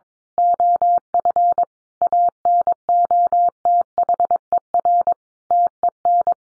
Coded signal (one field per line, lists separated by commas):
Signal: Morse code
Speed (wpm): 22 wpm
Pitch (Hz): 700 Hz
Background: none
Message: OF ANOTHER TEN